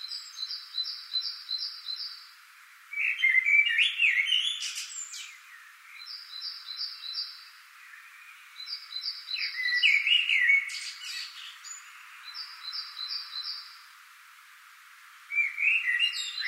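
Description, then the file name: Common blackbird singing three separate fluty phrases with chattering ends, roughly every six seconds; between them another bird repeats a high, thin note in quick series. "Turdus merula"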